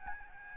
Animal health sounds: mosquito wingbeat signal from an infrared sensor; Aedes albopictus

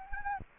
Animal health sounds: mosquito wingbeat signal from an infrared sensor; Anopheles gambiae

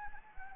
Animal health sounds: mosquito wingbeat signal from an infrared sensor; Anopheles arabiensis

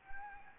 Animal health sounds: mosquito wingbeat signal from an infrared sensor; Anopheles gambiae

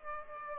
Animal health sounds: mosquito wingbeat signal from an infrared sensor; Aedes aegypti

